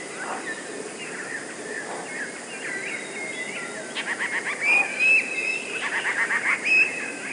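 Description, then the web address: Eurasian blue tit song: bursts of rapidly repeated notes with thin high whistles in the second half, over a constant hiss. "wroblowe teka spiew. modraszkoteka"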